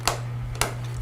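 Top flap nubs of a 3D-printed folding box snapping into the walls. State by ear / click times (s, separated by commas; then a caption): seated / 0.6 s. The top flap of a 3D-printed, print-in-place folding plastic box is closed so its small nubs snap into the walls for a secure structure. Two sharp clicks are heard, the first at 0.1 s and the main snap at 0.6 s, over a steady low hum. The nubs seat with the click at 0.6 s.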